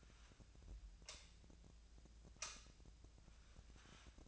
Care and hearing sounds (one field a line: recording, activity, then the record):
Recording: daily activity, microphone in the room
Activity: light on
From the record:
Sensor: 2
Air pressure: 1009.7 hPa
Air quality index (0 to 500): 182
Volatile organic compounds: 11 ppm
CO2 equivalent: 2271 ppm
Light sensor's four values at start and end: 28/68/29/32 and 33/86/36/39